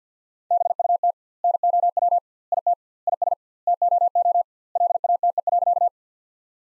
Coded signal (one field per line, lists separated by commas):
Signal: Morse code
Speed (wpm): 50 wpm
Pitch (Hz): 700 Hz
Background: none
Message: BUT NOW IT IS TOO LATE.